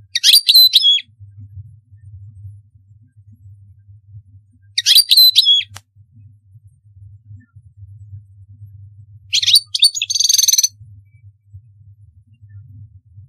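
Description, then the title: European goldfinch song: three short clusters of high, sharp twittering notes spaced about four to five seconds apart, with a low hum between them. "Chant Chardonneret"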